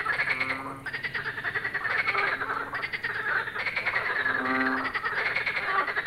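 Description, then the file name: Frogs giving a steady, crowded chorus of raspy croaks with overlapping callers throughout. "grenouilles"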